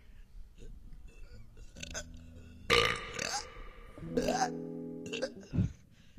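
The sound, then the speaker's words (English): A person lets out a couple of long, loud, low guttural burps with a croaking, rumbling tone, separated by brief pauses and a short final belch, during a beer burping contest. “We're having a beer burping contest.”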